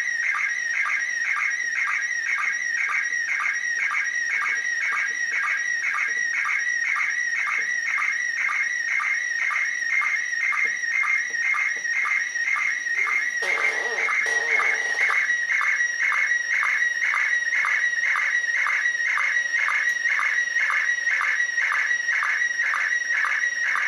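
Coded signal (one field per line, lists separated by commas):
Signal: SSTV (slow-scan television)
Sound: continuous warbling tone around 2 kHz with a rhythmic chirp about twice a second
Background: radio static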